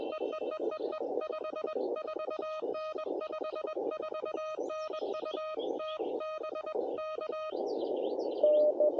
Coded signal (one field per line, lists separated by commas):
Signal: Morse code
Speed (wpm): 21 wpm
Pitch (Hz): 1250 Hz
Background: music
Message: EEEEE 54N 54N U T BK